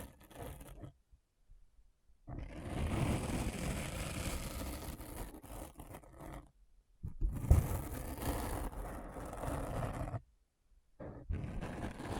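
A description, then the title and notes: Dense scratching comes in long raspy strokes, roughly 2.3 to 6.5 seconds and again 7.2 to 10 seconds, with a shorter burst near the start and another at the end. Each stroke is gritty and full, heavy in the low end, separated by near-total silence. ASMR Deep Brain Scratch (No Talking).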